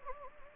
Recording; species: mosquito wingbeat signal from an infrared sensor; Anopheles gambiae